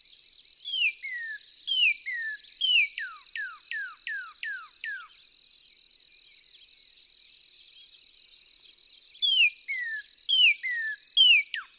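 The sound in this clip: Northern cardinal song: paired falling whistles followed by a rapid run of steep downward sweeps, a quiet pause, then the whistled phrases return over a constant high hum.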